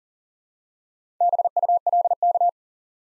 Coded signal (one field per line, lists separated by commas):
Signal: Morse code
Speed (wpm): 40 wpm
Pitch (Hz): 700 Hz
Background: none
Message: BULK